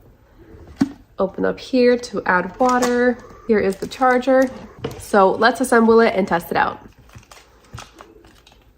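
Plastic handle sections are being handled and pushed toward the body of an electric spin mop while someone talks, with a few brief knocks around 0.8 s and near 7.8 to 8.0 s. Nothing has seated or clicked into place yet.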